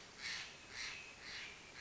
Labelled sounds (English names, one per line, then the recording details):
Steller's Jay
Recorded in Sonoma County, California